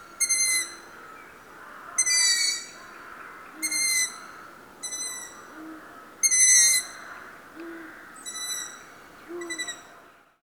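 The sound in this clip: Long-eared owl giving about seven squeaky, creaking calls.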